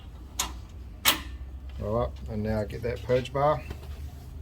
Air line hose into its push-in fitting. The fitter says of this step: Push them in all the way till it clicks. Yep, and the other one.